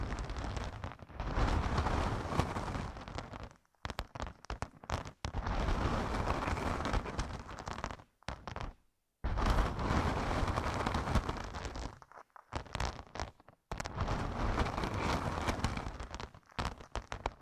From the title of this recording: ASMR using Headphones as a Mic Brain Melting Massage Triggers